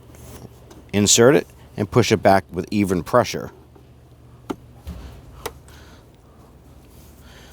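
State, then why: Seated. Someone talks as a USB auxiliary port assembly is inserted and pushed back with even pressure into the center console of a 2007-2014 Cadillac Escalade. Two sharp clicks follow at 4.5 s and 5.5 s, and the assembly is seated.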